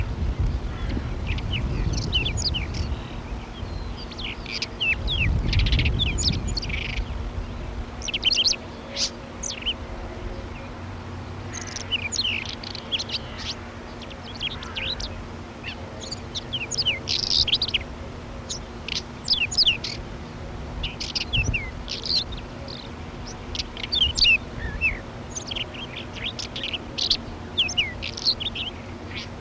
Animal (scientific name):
Saxicola rubetra